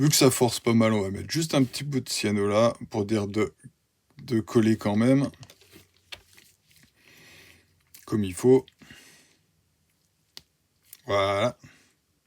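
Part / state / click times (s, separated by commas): plastic interior part into a scale model car body / seated / 10.4 s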